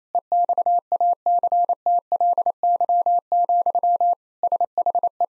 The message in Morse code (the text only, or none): EXACTLY, SHE